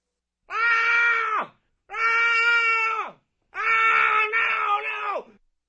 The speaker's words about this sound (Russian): Жуткий, леденящий кровь крик